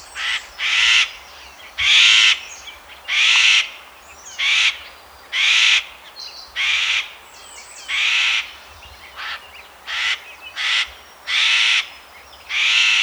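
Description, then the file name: Eurasian jay giving many loud rasping screeches, some evenly spaced and some in quick pairs. "Garrulus glandarius"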